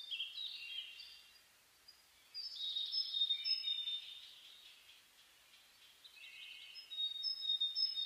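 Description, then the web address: Several birds sing overlapping high warbling phrases and thin whistles, the song swelling and fading in waves across the chorus. Dawn chorus (reimei) of chirping birds (saezuri), 10 May 2010. "2010 reimei DH-D 50-saezuri-20100510-0401"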